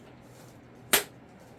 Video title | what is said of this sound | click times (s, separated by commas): ARROWS MARLIN UNBOXING AND ASSEMBLY! by Fat Guy Flies RC | then that should click into place | 0.9 s